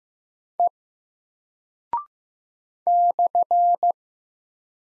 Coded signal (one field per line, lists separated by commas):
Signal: Morse code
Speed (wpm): 15 wpm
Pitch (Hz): 700 Hz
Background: none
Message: E /